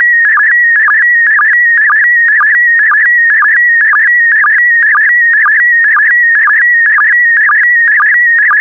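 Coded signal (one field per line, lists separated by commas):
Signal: SSTV (slow-scan television)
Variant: PD120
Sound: warbling whistle around 2 kHz with a short low blip about twice a second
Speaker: complete. You can now check your decoded image against the picture that is shown on the video.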